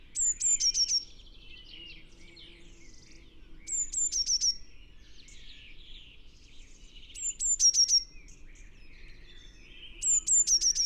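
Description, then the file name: Eurasian blue tit singing four high phrases, each two piercing thin notes then a fast falling run, spaced about three seconds apart, with softer birdsong from other birds between. "Cyanistes caeruleus"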